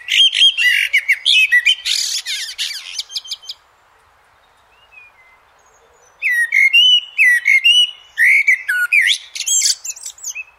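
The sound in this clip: Eurasian blackbird singing two long phrases of varied whistled notes mixed with high squeaky twitters, with a quiet gap of about two and a half seconds between them.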